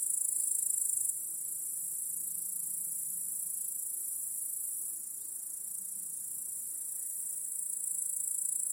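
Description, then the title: Shrill cricket chirping forms a continuous high-pitched drone, with the loudness shifting down after the first second. Chorus of crickets in a home backyard at night. "Crickets in Your Backyard 🏡"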